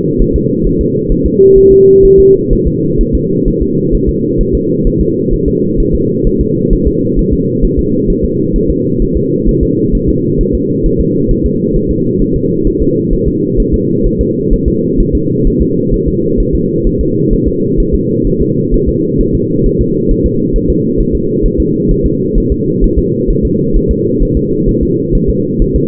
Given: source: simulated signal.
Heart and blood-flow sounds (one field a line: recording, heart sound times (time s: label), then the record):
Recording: fetal heart sounds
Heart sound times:
0.22 s: S1
0.36 s: S2
0.67 s: S1
0.81 s: S2
1.12 s: S1
1.26 s: S2
1.58 s: S1
1.73 s: S2
2.05 s: S1
2.20 s: S2
2.53 s: S1
2.67 s: S2
3.01 s: S1
3.15 s: S2
3.48 s: S1
3.62 s: S2
3.95 s: S1
4.09 s: S2
4.41 s: S1
4.55 s: S2
4.87 s: S1
5.01 s: S2
5.33 s: S1
5.48 s: S2
5.80 s: S1
5.95 s: S2
6.27 s: S1
6.41 s: S2
6.73 s: S1
6.88 s: S2
7.19 s: S1
7.33 s: S2
7.65 s: S1
7.79 s: S2
8.10 s: S1
8.25 s: S2
8.56 s: S1
8.70 s: S2
9.02 s: S1
9.17 s: S2
9.49 s: S1
9.63 s: S2
9.95 s: S1
10.09 s: S2
10.41 s: S1
10.55 s: S2
10.86 s: S1
11.01 s: S2
11.31 s: S1
11.46 s: S2
11.76 s: S1
11.91 s: S2
12.22 s: S1
12.36 s: S2
12.67 s: S1
12.82 s: S2
13.13 s: S1
13.28 s: S2
13.60 s: S1
13.74 s: S2
14.06 s: S1
14.21 s: S2
14.53 s: S1
14.68 s: S2
15.00 s: S1
15.15 s: S2
15.47 s: S1
15.62 s: S2
15.94 s: S1
16.08 s: S2
16.40 s: S1
16.55 s: S2
16.87 s: S1
17.01 s: S2
17.33 s: S1
17.48 s: S2
17.80 s: S1
17.95 s: S2
18.27 s: S1
18.42 s: S2
18.74 s: S1
18.89 s: S2
19.21 s: S1
19.35 s: S2
19.66 s: S1
19.81 s: S2
20.11 s: S1
20.26 s: S2
20.56 s: S1
20.70 s: S2
21.00 s: S1
21.15 s: S2
21.46 s: S1
21.60 s: S2
21.91 s: S1
22.06 s: S2
22.38 s: S1
22.52 s: S2
22.84 s: S1
22.99 s: S2
23.30 s: S1
23.45 s: S2
23.77 s: S1
23.91 s: S2
24.23 s: S1
24.37 s: S2
24.69 s: S1
24.83 s: S2
25.15 s: S1
25.30 s: S2
25.62 s: S1
25.76 s: S2
From the record:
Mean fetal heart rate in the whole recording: 130 bpm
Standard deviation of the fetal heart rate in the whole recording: 4 bpm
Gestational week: 38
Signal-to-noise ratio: -11.2 dB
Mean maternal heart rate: 72 bpm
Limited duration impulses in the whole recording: present